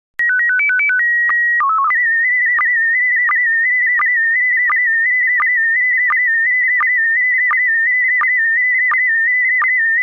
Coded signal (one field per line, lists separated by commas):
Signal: SSTV (slow-scan television)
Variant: PD 90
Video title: Slow Scan Radio, September 5, 2018